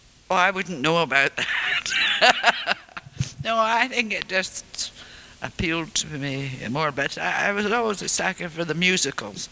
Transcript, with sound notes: oh, I wouldn't know about that. [laughs] No, I think it just appealed to me, but I was always a sucker for the musicals.